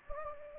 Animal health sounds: mosquito wingbeat signal from an infrared sensor; Anopheles gambiae

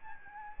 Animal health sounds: mosquito wingbeat signal from an infrared sensor; Aedes albopictus

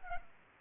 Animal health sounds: mosquito wingbeat signal from an infrared sensor; Culex pipiens

